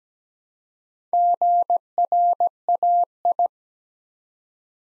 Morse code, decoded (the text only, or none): GRAI